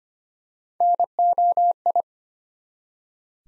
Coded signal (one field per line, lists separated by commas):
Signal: Morse code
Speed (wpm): 25 wpm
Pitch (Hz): 700 Hz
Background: none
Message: NOI